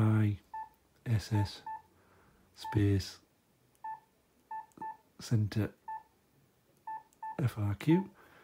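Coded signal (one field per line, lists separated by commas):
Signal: none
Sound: radio button beeps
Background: speech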